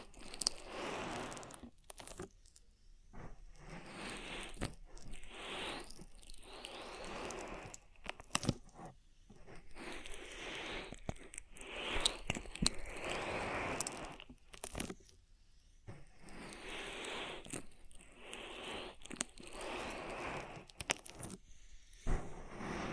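An oil ear massage: wet, squishing rubs in bursts of one to three seconds, broken by short silent gaps. Sharp crackles and clicks punctuate the strokes throughout, and some passages sweep smoothly upward in pitch as fingers slide.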